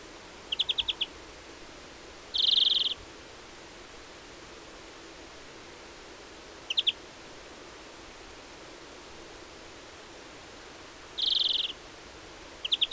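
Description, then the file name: European greenfinch calls: short rapid trills of high notes alternating with two dense buzzy bursts, separated by long quiet gaps. "Chloris chloris"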